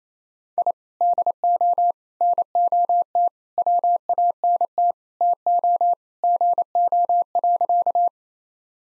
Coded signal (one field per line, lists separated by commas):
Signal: Morse code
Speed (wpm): 28 wpm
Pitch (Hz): 700 Hz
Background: none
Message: I DO NOT WANT TO GO.